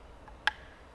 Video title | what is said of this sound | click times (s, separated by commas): TEGIWA: How To: Install CANchecked MFD32 Multi Function Display for the Toyota GR Yaris! | you'll hear it just click into place there | 0.5 s